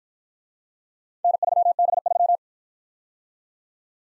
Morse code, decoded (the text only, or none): N3B3